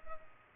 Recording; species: mosquito wingbeat signal from an infrared sensor; Culex pipiens